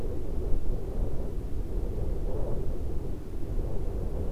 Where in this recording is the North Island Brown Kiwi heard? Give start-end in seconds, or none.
none